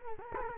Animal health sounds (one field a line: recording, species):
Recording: mosquito wingbeat signal from an infrared sensor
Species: Culex quinquefasciatus